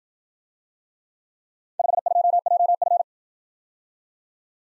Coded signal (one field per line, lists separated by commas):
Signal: Morse code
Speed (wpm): 56 wpm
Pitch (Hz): 700 Hz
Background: none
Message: 52JF